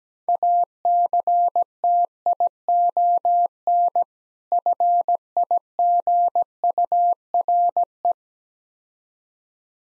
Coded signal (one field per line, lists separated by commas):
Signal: Morse code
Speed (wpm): 17 wpm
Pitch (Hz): 700 Hz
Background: none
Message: ACTION FIGURE